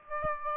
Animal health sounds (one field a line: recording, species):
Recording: mosquito wingbeat signal from an infrared sensor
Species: Aedes aegypti